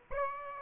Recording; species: mosquito wingbeat signal from an infrared sensor; Aedes aegypti